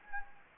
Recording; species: mosquito wingbeat signal from an infrared sensor; Anopheles gambiae